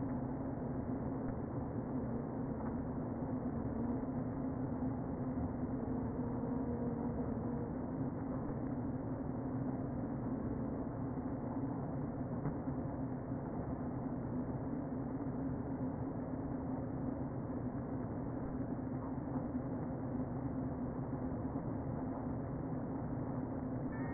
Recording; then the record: honeybee colony, microphone inside the hive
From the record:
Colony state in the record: queen present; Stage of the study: before two queens were removed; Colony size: about 60,000 bees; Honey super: yes